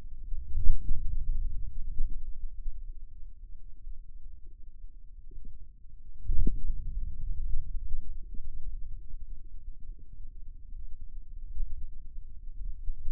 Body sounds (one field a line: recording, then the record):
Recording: forearm muscle sounds (acoustic myography)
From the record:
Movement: radial deviation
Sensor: system 2, bracelet of six BSWA MPA416 microphones around the upper forearm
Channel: 3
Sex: male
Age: 22 years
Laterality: right